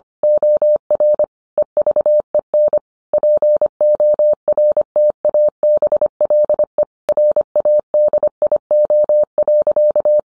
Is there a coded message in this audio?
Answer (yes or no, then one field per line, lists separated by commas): yes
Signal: Morse code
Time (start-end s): 0.2-10.2 s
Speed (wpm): 25 wpm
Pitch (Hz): 600 Hz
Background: none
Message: OR EVEN PORTABLE RADIO.